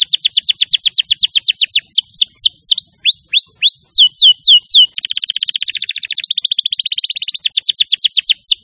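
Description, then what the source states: Canary song of rapid repeated downward-sweeping whistles, changing into curved slurred notes, then a long fast buzzy rolling trill. Champion canary song, used for training other canaries.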